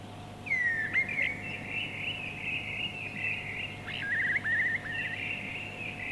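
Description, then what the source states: Mistle Thrush song: a continuous run of whistled and warbled phrases over a faint background hum. Field recording from Finland, released 1988 on cassette.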